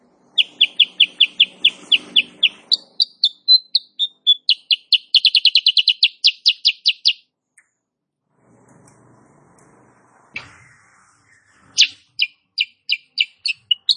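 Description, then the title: Sooty-headed bulbul rapid song: a long volley of crisp repeated chips that speeds into a dense trill, a quiet gap with faint rustling, then another run of sharp notes. Female; recording used as master song for training cage birds; described as gacor (singing persistently) and nembak rapat (rapid, closely packed notes). "Masteran Kutilang Sutra. Kutilang SUTRA BETINA GACOR nembak RAPAT"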